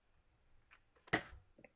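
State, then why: Seated. The plastic cocking handle of a Nerf Rival Finisher XX-700 toy foam-ball blaster is shoved forward to close the action after resetting the trigger lock that jams the trigger. A single sharp snap is heard at 1.1 s, with faint ticks around 0.7 s and 1.6 s, and the handle seats closed.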